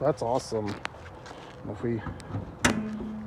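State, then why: Seated. Someone talks as the damaged Matrix XR's hood is closed again onto its hood latch. A sharp click at 2.7 s marks the hood latching and locking.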